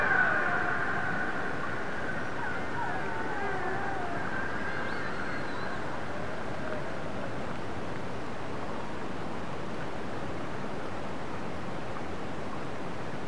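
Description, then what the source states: Orca calls: a brief harmonic call at the start, followed by faint wavering and rising tones fading into constant underwater noise. Transient orca.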